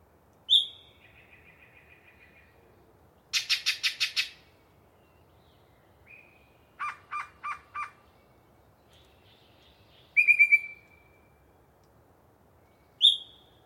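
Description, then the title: Yellow-breasted chat song of scattered varied phrases: whistled slurs, a harsh repeated rattle, four clipped notes in a row, soft chatter and a rapid chattering burst, with gaps between. Long pre-dawn singing bout by a particularly chatty bird in deciduous cover. "A Very Chatty Yellow-breasted Chat"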